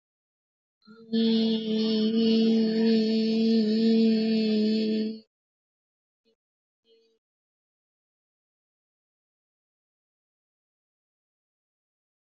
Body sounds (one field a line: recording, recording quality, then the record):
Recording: sustained vowel as in beet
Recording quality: excellent, no background noise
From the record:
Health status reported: exposed to COVID-19, no respiratory illness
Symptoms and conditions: none ticked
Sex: female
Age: 26 years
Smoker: not ticked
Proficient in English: yes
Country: India